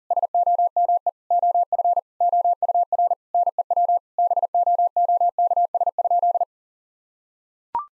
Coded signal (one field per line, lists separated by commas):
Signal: Morse code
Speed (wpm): 40 wpm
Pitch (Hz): 700 Hz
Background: none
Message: SOME OF OUR NEW BOOKS?